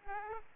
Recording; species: mosquito wingbeat signal from an infrared sensor; Aedes aegypti